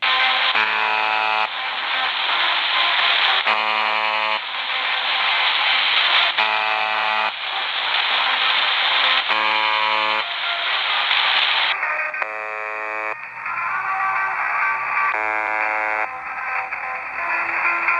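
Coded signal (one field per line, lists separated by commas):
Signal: channel marker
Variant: UVB-76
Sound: harsh one-second buzzes repeating every few seconds through loud hiss and interference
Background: radio static, interference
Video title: UVB 76 - 4625 khz - com interferência de rádio pirata - Rússia #ghost #shortwave #ondacorta #sdr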